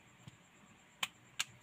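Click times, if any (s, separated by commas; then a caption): 1.0 s, 1.4 s. A plastic back cover is pressed onto the frame of a Tecno Spark 7 Pro smartphone, starting from the bottom, during an LCD replacement. Two sharp snaps at 1.0 s and 1.4 s are heard over quiet background noise, with a faint tap near 0.3 s. The clips have snapped into place and the cover is seated.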